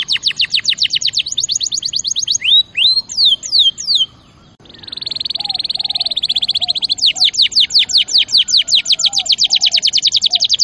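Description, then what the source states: Canary song: quick high trill, sweeping slurred phrases, a brief gap, a buzzy rattle, then a long fast trill of sharp notes. Champion canary song used as master recording for training other birds.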